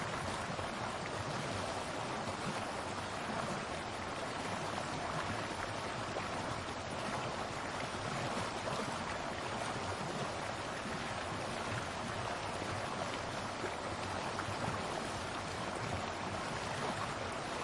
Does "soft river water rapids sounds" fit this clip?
yes